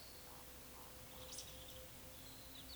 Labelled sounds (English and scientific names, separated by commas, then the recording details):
Eurasian Woodcock (Scolopax rusticola) whistle, Eurasian Woodcock (Scolopax rusticola) croak
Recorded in Baden-Württemberg, Germany, on 29 May 2021 at 19:43 UTC
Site 24608, 624 m above sea level